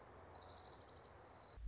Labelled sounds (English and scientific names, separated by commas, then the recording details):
Orange-crowned Warbler (Leiothlypis celata)
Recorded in Sonoma County, California